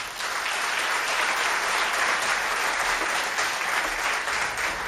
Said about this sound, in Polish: Więc trzeba im bić ładnie brawo, bo no wiecie, no, żeby nie było tej poruty, jak to się mówi, tak?